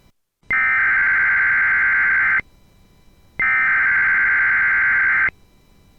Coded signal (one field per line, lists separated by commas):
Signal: Emergency Alert System (SAME) tones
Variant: header bursts